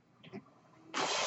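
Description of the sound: Faint murmurs, then a sudden loud steady rush of air: a home mechanical ventilator delivering a breath.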